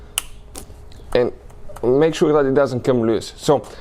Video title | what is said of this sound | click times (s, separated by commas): BMW 1 SERIES HOW TO DISCONNECT TRANSMISSION LINE HOSE ON BMW E81 E82 E87 E88 F20 F21 | everything really good and just go ahead and push it in you hear a noticeable click and | 0.2 s